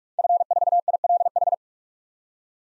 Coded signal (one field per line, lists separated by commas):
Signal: Morse code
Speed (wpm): 46 wpm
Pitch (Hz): 700 Hz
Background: none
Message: F4ILH